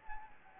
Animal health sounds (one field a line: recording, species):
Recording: mosquito wingbeat signal from an infrared sensor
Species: Anopheles gambiae